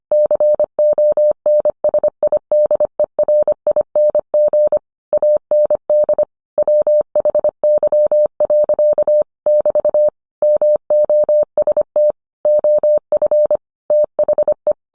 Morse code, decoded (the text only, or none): CONSIDERING AND WHY. <BT> MOST OF THE